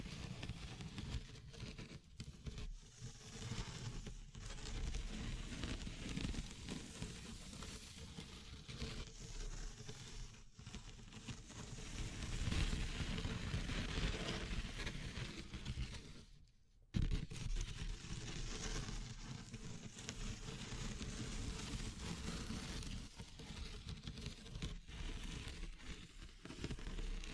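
Wood, bamboo and straw being handled, giving a dense, steady rustling and crackling with fine tapping throughout. It grows a little louder around the middle, then cuts out for a brief pause near 17 seconds before the scratchy handling resumes.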